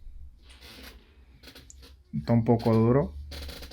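The plastic stand neck of an LG 29WN600-W monitor is pushed into the back of the monitor panel. It is a bit stiff, with faint handling and rubbing sounds, a short tap near 1.7 s, and someone talking from about 2.1 to 3.0 s. The clip ends before the part goes home, so nothing has seated or clicked yet.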